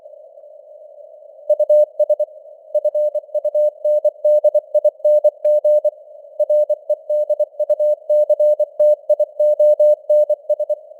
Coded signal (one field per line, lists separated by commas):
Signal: Morse code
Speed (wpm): 24 wpm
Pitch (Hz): 600 Hz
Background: none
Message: US FUNDING REDUCTIONS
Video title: Morse Code News | 2025-12-12 | 24wpm